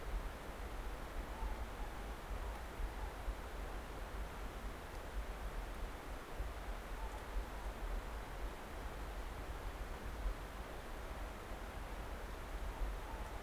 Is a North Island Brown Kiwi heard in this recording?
no